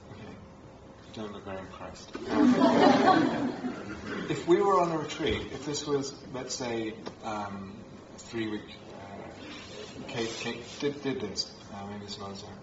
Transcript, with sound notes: You don't look very impressed. [laughter] If we were on a retreat, if this was, let's say, a three-week -- Kate did this, and maybe some others;